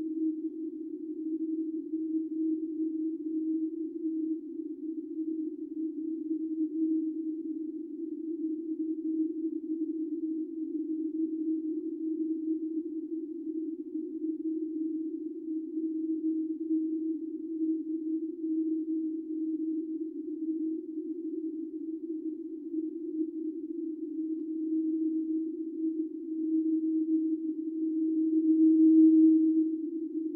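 A steady, conspicuous tone near 315 hertz hums without a break for the full thirty seconds, slightly rough and wavering in texture. Its level holds even throughout, swelling a little louder just before the end. No other sounds stand out.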